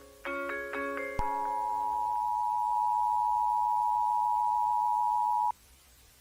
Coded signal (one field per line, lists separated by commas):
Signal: Emergency Alert System (SAME) tones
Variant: 853 and 960 Hz attention tone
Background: music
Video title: [EAS Scenario] State of Emergency